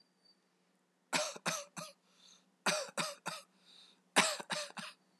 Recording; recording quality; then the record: shallow voluntary cough; excellent, no background noise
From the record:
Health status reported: healthy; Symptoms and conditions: none ticked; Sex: male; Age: 25 years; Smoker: not ticked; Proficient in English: yes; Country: India